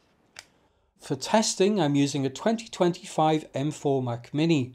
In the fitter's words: To replace the drive in the case, just line it up and then slide it back in until it clicks into place.